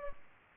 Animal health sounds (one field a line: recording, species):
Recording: mosquito wingbeat signal from an infrared sensor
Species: Culex pipiens